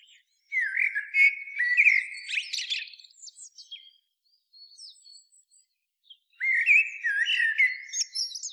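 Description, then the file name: Blackbird song: a rich warbled phrase with a squeaky high finish, a few soft high notes in the pause, then another fluted phrase. "Turdus merula"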